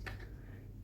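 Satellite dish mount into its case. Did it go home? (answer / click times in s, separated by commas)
yes / 0.1 s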